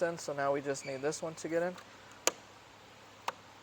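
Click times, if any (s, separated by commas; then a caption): 2.3 s. On an 11th-gen 2022 Civic, the last retaining clip of a carbon fiber side mirror cap is pressed into the plastic side mirror housing while someone talks. A sharp tick at 2.3 s marks the clip snapping in under pressure, followed by a fainter tick at 3.3 s. The cover is seated, with all clips now in.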